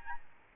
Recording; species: mosquito wingbeat signal from an infrared sensor; Aedes albopictus